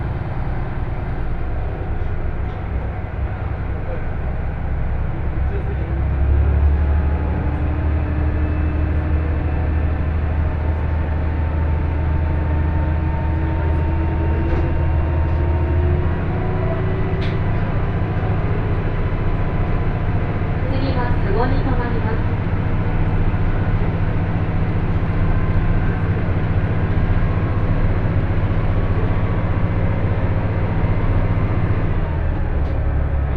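A two-car KiHa 110 diesel railcar runs from Morioka toward Ōbuke, its engine holding a steady deep drone that steps up in pitch around sixteen seconds. Wheel and track rumble fill the sound evenly throughout, with faint brief squeals and clicks near seventeen and twenty-one seconds.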